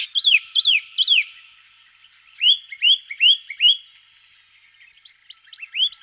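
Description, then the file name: Western rock nuthatch song: loud, clear whistled notes that rise then drop, delivered in quick bursts of three to four with short pauses between phrases. "Brhlik skalni Sitta neumayer"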